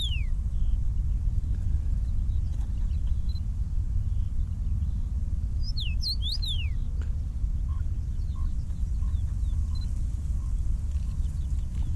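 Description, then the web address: Common rosefinch: a few sharp, high downslurred notes, one at the start and a quick cluster around six seconds, over a steady low rumble. "Common Rosefinch. صدای-پرنده-توت-خورک"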